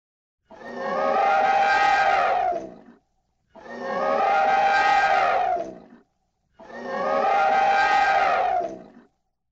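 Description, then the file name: Elephant trumpeting: three long, harsh, brassy blasts, each about two and a half seconds, separated by short silences. Trumpeting elephant, heard three times. "trubyashij slon 3 raza"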